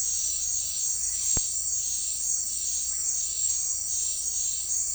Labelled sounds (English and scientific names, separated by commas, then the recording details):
none
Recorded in secondary vegetation near Puerto Asís, Putumayo, Colombia, on 4 March 2025 at 17:30
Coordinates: 0.499, -76.323
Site G094